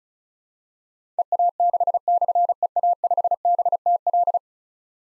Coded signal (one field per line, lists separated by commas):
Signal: Morse code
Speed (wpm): 36 wpm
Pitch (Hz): 700 Hz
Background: none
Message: EA6/EA5BTL